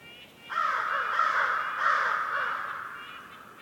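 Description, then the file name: Crow giving harsh, drawn-out cawing that fades away. Winter forest on a morning in the North Laurentian Woods, Canada; crow calls echoing. "WINTER Forest morning crow calls echoing and various birds chirps, North Laurentian Woods, Canada"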